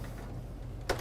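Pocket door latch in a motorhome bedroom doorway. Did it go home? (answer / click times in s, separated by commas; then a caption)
released / 0.9 s. A pocket door latch in the bedroom doorway of a Newmar Dutch Star 4369 motorhome releases when its handle is pushed down. A low steady hum is heard before a single sharp click at 0.9 s. The latch is released so the doors can slide back.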